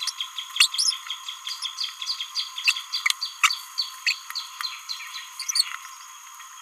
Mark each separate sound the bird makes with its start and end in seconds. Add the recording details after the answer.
0.59-0.69, 0.77-0.93, 4.06-4.13, 5.40-5.43. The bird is a male. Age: 29 days. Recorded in a nest box in Venezuela. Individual 17B31A1